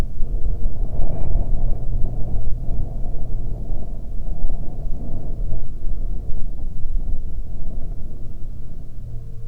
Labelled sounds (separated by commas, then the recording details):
wind, aircraft
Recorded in the Arctic National Wildlife Refuge, Alaska, on 27 July 2019 at 17:28
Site 40